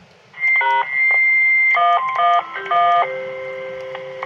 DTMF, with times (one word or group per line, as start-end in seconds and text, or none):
0.6-0.8 #
1.8-3.0 111